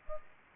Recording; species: mosquito wingbeat signal from an infrared sensor; Anopheles arabiensis